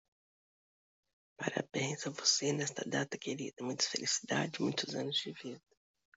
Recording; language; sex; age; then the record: short text; Brazilian Portuguese; female; 60 to 69 years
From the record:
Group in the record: control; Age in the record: 66 years